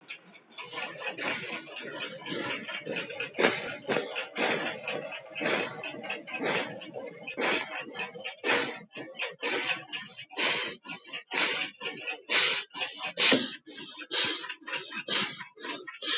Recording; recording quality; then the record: shallow breathing; moderate, slight background noise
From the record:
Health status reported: COVID-19 positive, moderate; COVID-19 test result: positive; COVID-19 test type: RT-PCR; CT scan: not taken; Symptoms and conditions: cough, cold, fever, fatigue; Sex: male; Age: 35 years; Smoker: no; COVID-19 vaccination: both doses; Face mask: not worn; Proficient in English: yes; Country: India